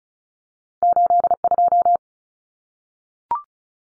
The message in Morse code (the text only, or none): 82